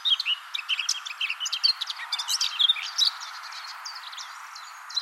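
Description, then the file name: Eurasian blackcap song: a dense burst of quick chirps and warbled notes for about three seconds, then fainter scattered notes over a steady background hiss. "Sylvia atricapilla"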